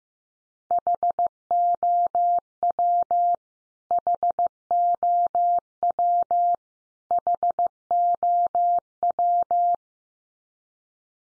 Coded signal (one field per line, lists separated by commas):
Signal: Morse code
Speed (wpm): 15 wpm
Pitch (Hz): 700 Hz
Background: none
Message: HOW HOW HOW